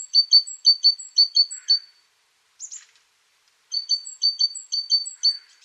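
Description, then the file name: Great tit song: quick ringing notes repeated in a rhythmic series, a brief pause with one thin call, then the series resumes. "BOGATKA"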